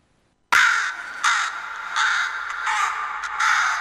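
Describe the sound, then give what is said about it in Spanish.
Seagulls calling in a series of harsh, raspy squawks, about six overlapping cries that start abruptly and continue loudly without pause, with no voices present. “y las gaviotas, ellas, vuelven a su mar.”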